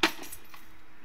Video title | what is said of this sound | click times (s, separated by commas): MACH1 Electric Scooter 1000W 48V - Review | then grab the handle and fold it up until it clicks in | 0.0 s